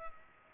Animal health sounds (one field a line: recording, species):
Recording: mosquito wingbeat signal from an infrared sensor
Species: Culex pipiens